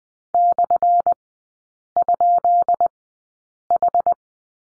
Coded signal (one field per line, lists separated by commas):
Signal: Morse code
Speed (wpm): 20 wpm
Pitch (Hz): 700 Hz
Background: none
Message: /?H